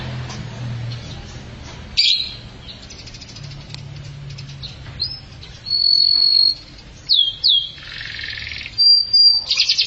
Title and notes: Suara Burung Kenari